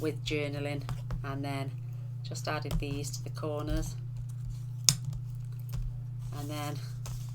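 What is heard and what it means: A moving element on a handmade paper mini album page is handled beside its page holder while someone talks, with a steady low hum underneath and a sharp tap near 4.9 s followed by a few faint soft ticks. The element is not back in its holder yet, and nothing has clicked into place by the end of the clip.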